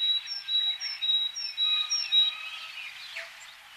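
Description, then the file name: Willow tit singing a series of steady, flat whistled notes, each evenly spaced and paired with a fainter higher tone. "kogara"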